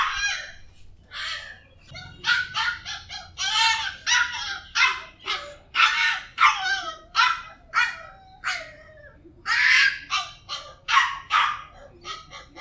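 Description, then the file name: Dog yapping in quick, shrill, excited yelps that continue almost without a break, briefly easing then picking up again. "Con Cho Con Quay"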